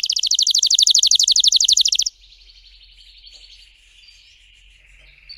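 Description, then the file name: Canary song opening with a loud, rapid pulsed trill for about two seconds, then soft, quiet warbling. Song of a red frosted Belgian canary. "canto do canario belga vermelho nevado"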